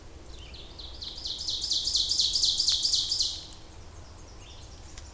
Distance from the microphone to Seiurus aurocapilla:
about 20 m